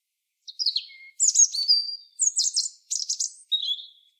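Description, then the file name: European robin song: a run of high tinkling notes. Sliding whistles and buzzy trills change pitch quickly and end on a short, lower whistle. "Erithacus rubecula"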